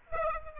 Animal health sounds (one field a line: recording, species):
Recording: mosquito wingbeat signal from an infrared sensor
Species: Aedes aegypti